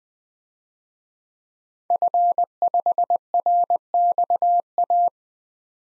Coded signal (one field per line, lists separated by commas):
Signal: Morse code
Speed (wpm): 20 wpm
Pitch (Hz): 700 Hz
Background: none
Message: F5RXA